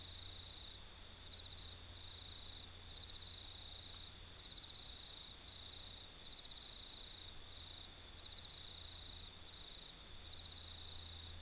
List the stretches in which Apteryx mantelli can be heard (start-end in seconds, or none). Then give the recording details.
none. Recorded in New Zealand